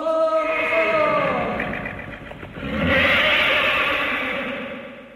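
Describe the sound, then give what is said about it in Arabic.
A horse lets out a loud, wavering whinny that slides downward in pitch, then gives way to a strong rushing, whooshing noise that swells and fades over the last few seconds as a flying horse takes flight. “أنا حسبقكوا على الحصان الطيار.”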